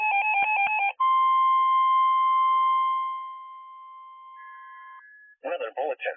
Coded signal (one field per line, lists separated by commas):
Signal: Emergency Alert System (SAME) tones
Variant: 1050 Hz attention tone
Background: speech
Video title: PITTSBURGHS TORNADIC FRENZY PT II... EUROPE EDITION... (EAS ALERTS 5894-5922 FROM 06/18-26/24)